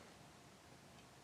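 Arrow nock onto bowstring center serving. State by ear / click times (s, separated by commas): not seated / none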